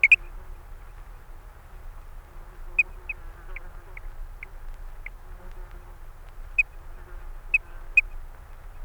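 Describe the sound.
Eurasian dotterel with a few sharp calls, then a run of soft evenly spaced piping notes, then a few sharper isolated calls, over low-pitched rumbling noise.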